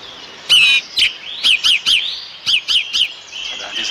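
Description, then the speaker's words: Golden oriole: a series of short, clear whistled notes, several in quick succession, over soft background noise. Described as having a wonderful golden timbre; once heard, never forgotten. "Et voilà un loriot. Vous avez entendu? Ça, c'est un timbre doré merveilleux, c'est tout à fait différent."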